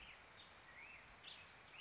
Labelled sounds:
Black-headed Grosbeak (Pheucticus melanocephalus)
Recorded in Sonoma County, California

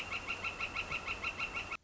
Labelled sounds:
Northern Flicker (Colaptes auratus)
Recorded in Sonoma County, California

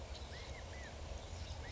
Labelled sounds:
California Quail (Callipepla californica)
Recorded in Sonoma County, California

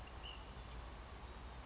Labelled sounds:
Ash-throated Flycatcher (Myiarchus cinerascens)
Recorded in Sonoma County, California

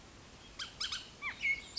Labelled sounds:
Bullock's Oriole (Icterus bullockii)
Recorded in Sonoma County, California

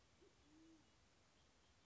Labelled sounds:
Band-tailed Pigeon (Patagioenas fasciata)
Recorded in Sonoma County, California

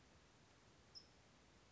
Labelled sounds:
California Towhee (Melozone crissalis)
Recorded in Sonoma County, California

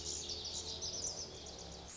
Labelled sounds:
Pacific Wren (Troglodytes pacificus)
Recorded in Sonoma County, California

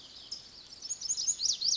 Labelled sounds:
Pacific Wren (Troglodytes pacificus)
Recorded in Sonoma County, California

